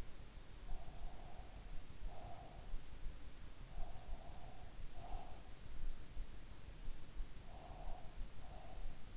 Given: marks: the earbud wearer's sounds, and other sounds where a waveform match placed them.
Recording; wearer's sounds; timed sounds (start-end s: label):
sounds in sleep by an in-ear microphone; breath
0.76-2.86 s: breath
3.67-5.69 s: breath
7.13-9.17 s: breath